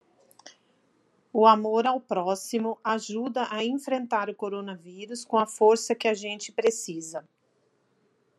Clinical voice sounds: spoken sentence; Brazilian Portuguese; female; 40 to 49 years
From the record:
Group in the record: control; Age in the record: 49 years

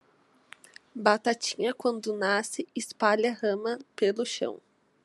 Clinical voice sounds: short text; Brazilian Portuguese; female; 20 to 29 years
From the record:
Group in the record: control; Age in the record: 24 years

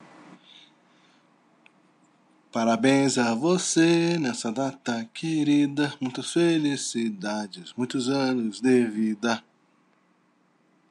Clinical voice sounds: short text; Brazilian Portuguese; male; 30 to 39 years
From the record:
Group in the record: control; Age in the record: 37 years

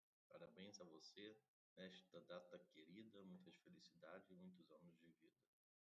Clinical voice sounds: short text; Brazilian Portuguese; male; 30 to 39 years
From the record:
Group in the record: control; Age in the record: 32 years

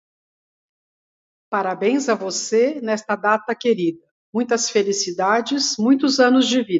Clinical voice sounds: short text; Brazilian Portuguese; female; 60 to 69 years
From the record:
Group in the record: control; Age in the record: 62 years

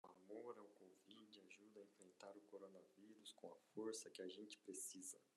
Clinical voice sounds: spoken sentence; Brazilian Portuguese; male; 40 to 49 years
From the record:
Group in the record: control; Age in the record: 45 years

